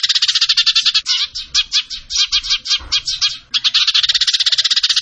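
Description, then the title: Bird song of fast, rattling chattering notes, briefly breaking into a looser, stuttering rhythm in the middle before racing on again. Bird singing energetically (gacor), used for masteran training, Indonesia. "Masteran Burung Tembakan Gacor"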